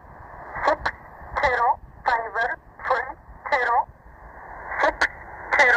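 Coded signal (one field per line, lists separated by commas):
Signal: numbers station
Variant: E11 Oblique, English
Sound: a voice reading about eight short, evenly spaced words through shortwave hiss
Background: radio static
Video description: 13363 kHz USB - E11 'Oblique' Numbers Station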